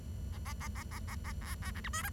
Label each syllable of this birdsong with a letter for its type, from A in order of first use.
A A A A A A A B A C D E F